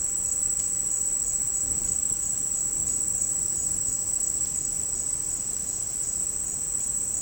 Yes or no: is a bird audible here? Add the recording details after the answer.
no. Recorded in dense forest near Puerto Asís, Putumayo, Colombia, on 21 February 2024 at 08:00. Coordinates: 0.486, -76.316. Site G6437